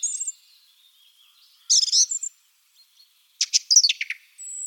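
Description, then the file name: Song thrush: songbird delivering quick bursts of mixed whistles and chattering notes separated by pauses, with a thin high whistle at the end. "Golosa ptic - Drozd pevchij"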